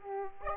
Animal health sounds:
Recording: mosquito wingbeat signal from an infrared sensor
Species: Aedes aegypti

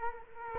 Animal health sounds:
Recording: mosquito wingbeat signal from an infrared sensor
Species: Culex quinquefasciatus

